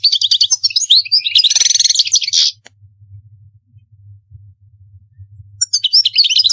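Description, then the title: European goldfinch song: a busy twittering phrase with a buzzy burst, a silent gap of about three seconds with faint low hum, then the twittering resumes. "Chant Chardonneret"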